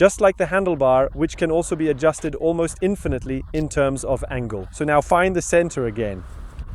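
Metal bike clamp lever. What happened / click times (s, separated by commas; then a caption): The stem lever is being handled but has not snapped closed yet / none. Someone talks while the adjustable handlebar stem of a Lovens Explorer 2 cargo bike is handled and re-centred, with its quick-release clamp lever still open. The clip ends before the lever snaps closed, so nothing has clicked or locked yet.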